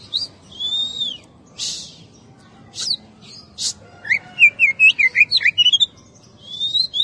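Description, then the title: Oriental magpie-robin singing a varied run of clear whistles and rapid chirped notes, with harsh noisy bursts between phrases. "Kacer"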